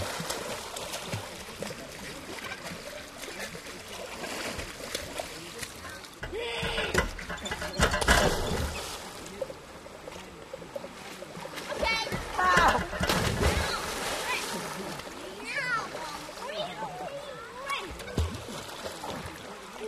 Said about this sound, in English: Stay in the water. Swim around the water. Swim good, though.